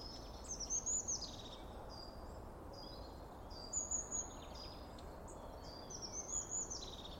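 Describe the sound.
Bird song: clear, very high whistled phrases returning every few seconds over faint hiss.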